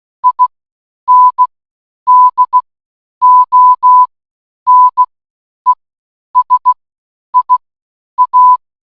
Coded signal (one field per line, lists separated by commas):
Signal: Morse code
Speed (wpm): 16 wpm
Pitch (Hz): 1000 Hz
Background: none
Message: INDONESIA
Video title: Converter Teks to Morse Code Online